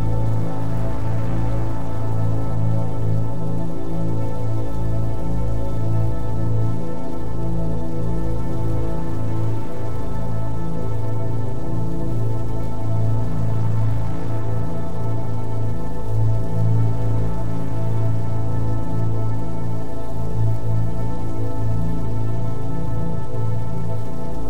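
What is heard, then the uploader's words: A thick, steady low drone holds throughout while soft synth swells rise every few seconds, with a faint patter of rain underneath. Haunting and relaxing ambient track with RAIN sounds. A prominent drone and a ethereal synth melody, accompanied by the sound of rain to create a moody and introspective soundscape.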